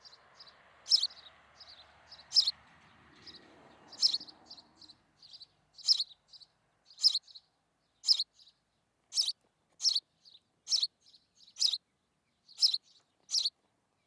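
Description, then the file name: House sparrow chirping in a regular series with soft notes between; a low rustling noise sits under the first five seconds, then only chirps remain. "Passer domesticus"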